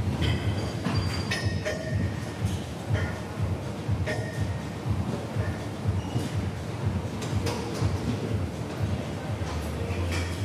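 Gym ambience with a steady low rumble of machinery, scattered bright metallic clinks every second or so, and faint voices underneath.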